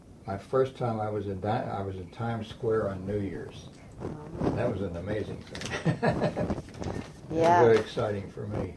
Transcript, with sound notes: my first time I was in that—I was in Times Square on New Years. That was an amazing thing. (laughs) That was very exciting for me.